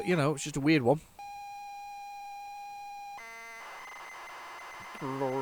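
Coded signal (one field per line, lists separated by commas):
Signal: ZX Spectrum tape loading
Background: speech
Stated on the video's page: Loading from an unknown ZX Spectrum tape, with tape read errors, rewinding and fast-forwarding.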